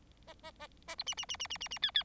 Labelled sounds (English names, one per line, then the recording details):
Bengalese Finch song
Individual Bird4